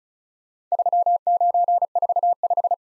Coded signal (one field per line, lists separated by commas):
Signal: Morse code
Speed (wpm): 34 wpm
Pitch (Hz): 700 Hz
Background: none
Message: 3945